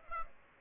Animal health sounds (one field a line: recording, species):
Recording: mosquito wingbeat signal from an infrared sensor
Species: Aedes aegypti